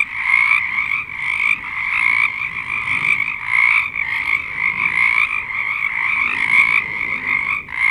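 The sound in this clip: Frog chorus with overlapping croaking callers, the mass of sound broken by short gaps and surging back repeatedly.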